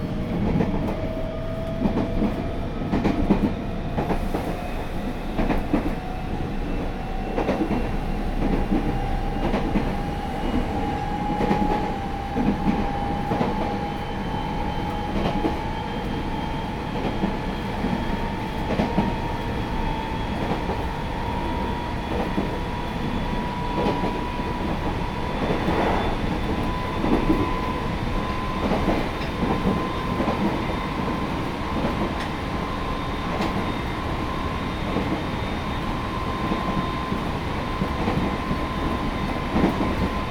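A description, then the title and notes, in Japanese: Running sound from inside train car 3158, travelling from Jōsui to Kamitoyota. A steady low rumble with rapid rhythmic clatter runs throughout, while a motor whine rises slowly in pitch from the start to about 25 seconds, then holds level as the train cruises. 浄水→上豊田 3158号車 走行音。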